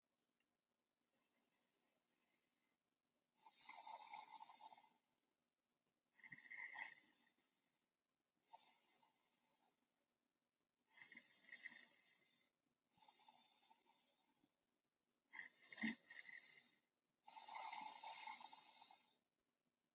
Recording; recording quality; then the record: deep breathing; excellent, no background noise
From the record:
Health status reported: healthy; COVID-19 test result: not tested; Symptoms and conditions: none ticked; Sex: female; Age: 32 years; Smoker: not ticked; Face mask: not worn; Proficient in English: yes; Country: United States